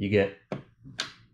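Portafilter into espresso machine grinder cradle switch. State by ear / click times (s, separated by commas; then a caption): seated / 1.0 s. Someone talks while pushing the portafilter, which has a locking tab on the front, into the grinder cradle of a Breville 870XL Barista Express espresso machine. A brief tap sounds at 0.5 s, then a sharp click at 1.0 s as the portafilter seats and presses the grinder switch.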